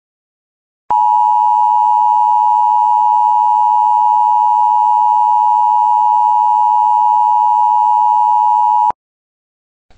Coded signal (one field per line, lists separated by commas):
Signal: Emergency Alert System (SAME) tones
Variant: 853 and 960 Hz attention tone